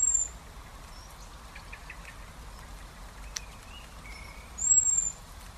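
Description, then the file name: Common blackbird uttering a thin, high, drawn-out whistle at the start and a louder one near the end, with faint chirps and ticks between. "Turdus merula"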